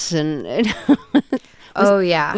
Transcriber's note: soundbite of laughter